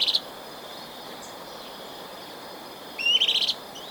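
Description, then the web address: Olive-chested flycatcher song: a brief buzzy burst at the start, then a rising, rattling chatter about three seconds later, over a steady high insect drone. Ecuador. "Birds of Ecuador Olive-chested Flycatcher"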